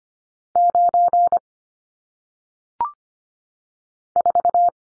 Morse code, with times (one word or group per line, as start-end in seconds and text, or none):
0.6-1.4 9
4.2-4.7 4